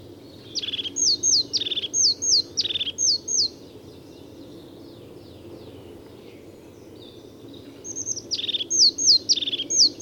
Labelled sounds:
European Crested Tit (Lophophanes cristatus) song
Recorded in the wild
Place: Parchtitz, Insel Rügen, Mecklenburg-Vorpommern, DE
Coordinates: 54.342, 13.555
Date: 1976-05-08
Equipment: Nagra III BH, Sennheiser MD 21, parabola
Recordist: Schubert, Michael

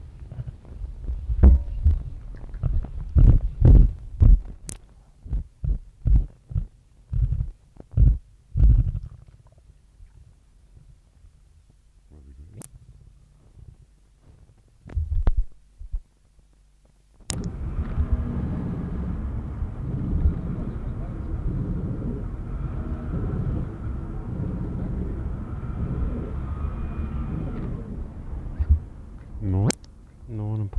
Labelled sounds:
Bat-eared Fox (Otocyon megalotis) growling
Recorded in captivity
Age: adult
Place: Zoo Halle, Sachsen-Anhalt, DE
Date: 1977-09-06 15:35
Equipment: Nagra SN, Kopie Uher Variocord
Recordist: Tembrock, Günter
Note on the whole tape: Knurren gegen Beobachter. Abstand 50 cm

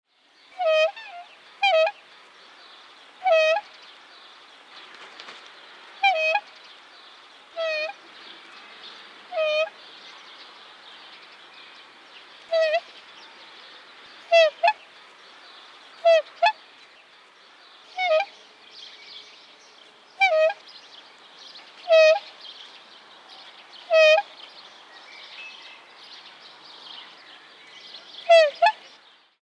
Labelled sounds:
Black Swan (Cygnus atratus)
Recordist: Tembrock, Günter
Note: Weibchen: Laute

